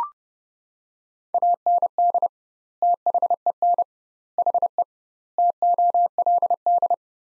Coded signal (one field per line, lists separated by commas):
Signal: Morse code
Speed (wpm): 30 wpm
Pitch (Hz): 700 Hz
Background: none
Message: AND THEN HE TOLD